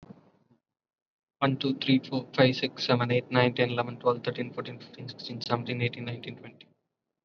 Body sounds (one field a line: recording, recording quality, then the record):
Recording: counting at a fast pace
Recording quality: excellent, no background noise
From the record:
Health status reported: COVID-19 positive, mild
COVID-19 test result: positive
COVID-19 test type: RT-PCR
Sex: male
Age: 26 years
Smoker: no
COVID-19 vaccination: one dose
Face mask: worn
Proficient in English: yes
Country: India